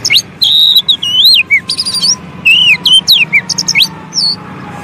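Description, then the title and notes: Oriental magpie-robin song, clear whistles swooping up and down interspersed with clicks and buzzy notes, a varied rapid delivery over a low background hum. Long-duration filler (isian) song to make magpie-robins (kacer) sing actively (gacor) day and night. "Kacer Jadi Gacor Siang Malam. Isian Kacer Durasi Panjang"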